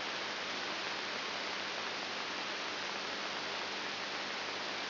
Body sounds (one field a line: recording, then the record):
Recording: brain microelectrode recording played as sound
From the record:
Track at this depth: inside the subthalamic nucleus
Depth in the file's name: 6.301 mm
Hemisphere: left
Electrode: 3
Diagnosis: Parkinson's disease